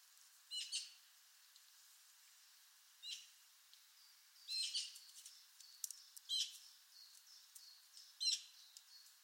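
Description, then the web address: Bird calls: sharp, high chirps spaced a couple of seconds apart, with fainter high notes in between. Labelled with the sound class "Pi Pi Pi Pi". "Bird Only More Classes Pi Pi Pi Pi"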